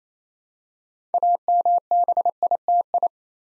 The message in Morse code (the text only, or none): AMBITI